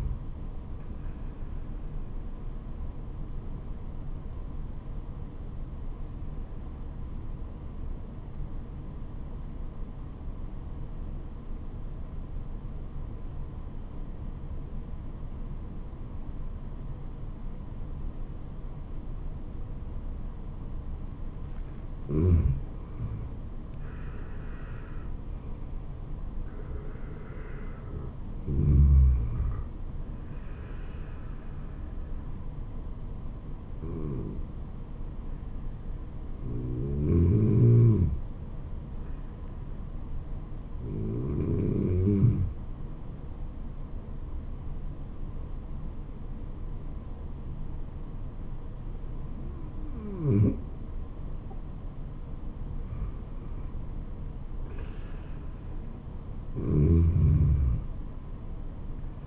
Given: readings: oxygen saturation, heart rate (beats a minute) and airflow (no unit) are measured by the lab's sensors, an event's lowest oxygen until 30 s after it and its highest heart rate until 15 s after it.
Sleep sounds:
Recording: breathing in sleep by a smartphone at the bedside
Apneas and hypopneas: 1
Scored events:
7.00-24.10 s: obstructive apnea (N2, oxygen 96% highest, then 88% lowest, heart rate 75 at the start, 76 highest)
30.00-59.26 s: new sleep stage, N1 (lightest sleep)
From the record:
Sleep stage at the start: N2 (light sleep)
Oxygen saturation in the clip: 88 to 96%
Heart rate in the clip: 68 to 81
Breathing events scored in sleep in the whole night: 426 in 7.4 hours asleep

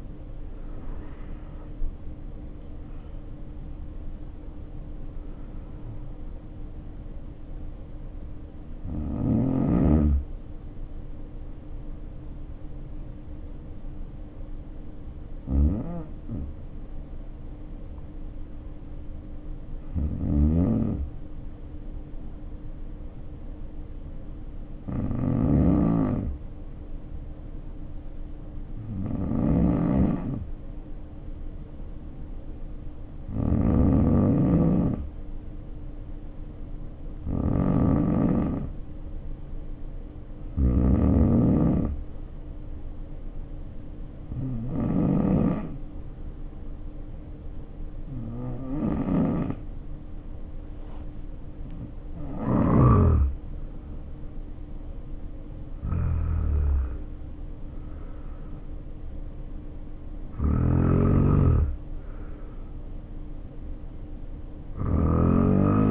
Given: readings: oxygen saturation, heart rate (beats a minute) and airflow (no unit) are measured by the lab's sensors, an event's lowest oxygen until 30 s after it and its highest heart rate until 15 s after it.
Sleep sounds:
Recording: breathing in sleep by a smartphone at the bedside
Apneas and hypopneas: 2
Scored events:
13.00-65.91 s: new sleep stage, N1 (lightest sleep)
14.00-33.30 s: hypopnea (N1, oxygen 94% highest, then 87% lowest, heart rate 55 at the start, 63 highest)
45.00-58.40 s: hypopnea (N1, oxygen 89% highest, then 87% lowest, heart rate 59 at the start, 63 highest)
From the record:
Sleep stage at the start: N2 (light sleep)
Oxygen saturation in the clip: 75 to 94%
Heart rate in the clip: 52 to 78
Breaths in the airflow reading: 14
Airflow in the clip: -9.1 to 8.4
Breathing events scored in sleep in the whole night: 520 in 7.2 hours asleep

